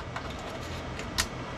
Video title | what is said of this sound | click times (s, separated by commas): MEDIACON TO OLT SET UP - 4PON OLT REVIEW - Step By Step Tutorials | may click na Okay na yan | 1.2 s